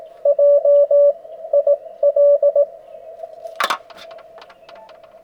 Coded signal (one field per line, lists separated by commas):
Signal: Morse code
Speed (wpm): 21 wpm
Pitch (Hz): 580 Hz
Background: radio noise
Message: JIL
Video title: POTA at Long Pond Part 1: Thursday Night